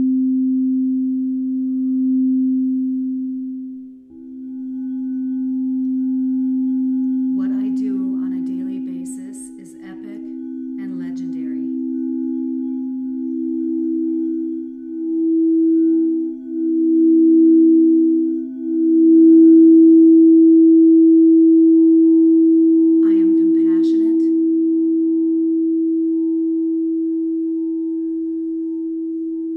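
A sound bath of sustained singing bowl tones, steady low hums that swell and fade, shifting in pitch every few seconds. Soft voice-like murmurs pass around 7 to 11 seconds and again near 23 seconds, while the ringing grows fuller after about 19 seconds.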